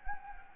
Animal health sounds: mosquito wingbeat signal from an infrared sensor; Anopheles gambiae

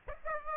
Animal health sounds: mosquito wingbeat signal from an infrared sensor; Aedes aegypti

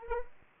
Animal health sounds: mosquito wingbeat signal from an infrared sensor; Anopheles arabiensis

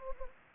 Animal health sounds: mosquito wingbeat signal from an infrared sensor; Anopheles gambiae

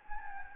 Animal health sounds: mosquito wingbeat signal from an infrared sensor; Anopheles gambiae

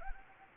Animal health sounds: mosquito wingbeat signal from an infrared sensor; Anopheles gambiae

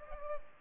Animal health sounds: mosquito wingbeat signal from an infrared sensor; Culex pipiens

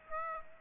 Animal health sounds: mosquito wingbeat signal from an infrared sensor; Aedes aegypti

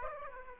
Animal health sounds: mosquito wingbeat signal from an infrared sensor; Aedes aegypti

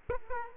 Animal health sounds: mosquito wingbeat signal from an infrared sensor; Aedes aegypti

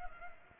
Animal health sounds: mosquito wingbeat signal from an infrared sensor; Culex pipiens

